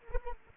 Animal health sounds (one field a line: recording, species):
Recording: mosquito wingbeat signal from an infrared sensor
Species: Anopheles arabiensis